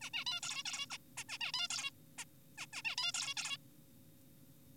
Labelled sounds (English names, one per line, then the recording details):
Zebra Finch
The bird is an adult
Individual g4p5U